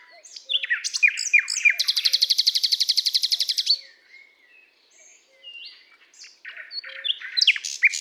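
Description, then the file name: Common nightingale song: short downslurred whistles, then a long, loud, rapid trill of repeated notes, followed by softer varied chirps, with a faint low whistle repeating behind throughout. "Luscinia megarhynchos"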